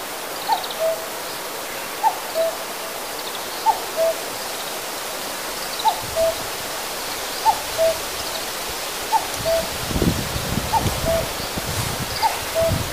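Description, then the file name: Common cuckoo giving steady repeated cu-coo calls, high note then low, about every one and a half seconds, with soft high bird notes and some low rustling later. "kakko"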